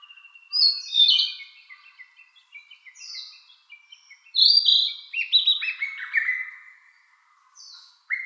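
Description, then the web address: Bird song of rapid stuttering notes followed by loud buzzy phrases that slide downward. Recorded on 4 June 2013. "birdenaga kibi hoto 130604"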